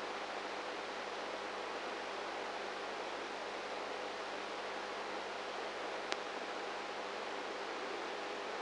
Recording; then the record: brain microelectrode recording played as sound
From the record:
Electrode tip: outside the subthalamic nucleus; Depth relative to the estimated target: -5 mm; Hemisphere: right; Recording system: NeuroSet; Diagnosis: Parkinson's disease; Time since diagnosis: 19 years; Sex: female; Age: 58 years